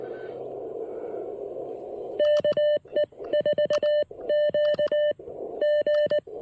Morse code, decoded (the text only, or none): KE4QG